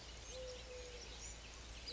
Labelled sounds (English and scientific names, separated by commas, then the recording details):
Eurasian Collared Dove (Streptopelia decaocto)
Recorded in Sonoma County, California